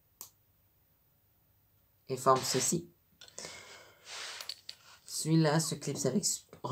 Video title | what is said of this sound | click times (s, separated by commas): Lego extra | s'éclipse avec ceux ci et | 0.2 s